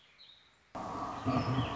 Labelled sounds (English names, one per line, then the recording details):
Warbling Vireo
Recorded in Sonoma County, California